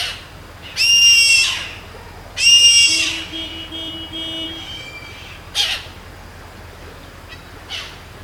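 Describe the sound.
Bird giving harsh, nasal calls with ringing overtones, two long ones early and short sharp notes later, with soft low background noise.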